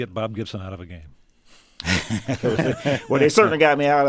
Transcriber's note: soundbite of laughter